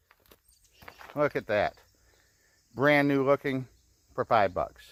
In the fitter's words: and then it should just snap right into place